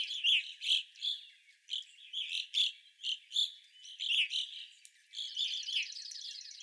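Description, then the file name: Evening grosbeaks giving loud, burry chirps in quick succession, ending with a rapid buzzy trill as the calls thin out. Several evening grosbeaks recorded on 25 April 2021. "2021-04-25 Evening Grosbeaks"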